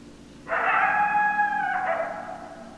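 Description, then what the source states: Coyote howl, one loud sustained note rich in harmonics, holding steady then breaking into a lower wavering tail that fades out. Recorded 2012-12-10; more than one coyote.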